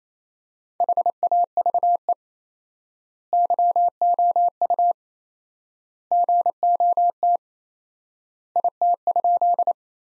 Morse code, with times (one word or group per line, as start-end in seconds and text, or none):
0.8-2.1 HAVE
3.3-4.9 YOU
6.1-7.4 GOT
8.6-9.7 IT?